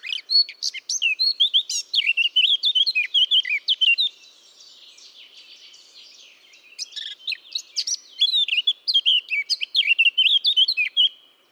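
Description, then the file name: Eurasian blackcap singing two fast phrases of varied warbling and clear whistled notes, separated by a brief lull of quieter twittering. "Sylvia atricapilla"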